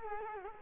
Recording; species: mosquito wingbeat signal from an infrared sensor; Culex quinquefasciatus